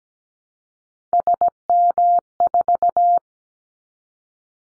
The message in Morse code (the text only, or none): SM4